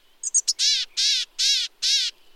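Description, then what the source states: Gray-headed Chickadee call: a few quick high chips, then four harsh, buzzy, drawn-out notes repeated about every half second. Extreme northwest corner of the continent, north of the Arctic Circle.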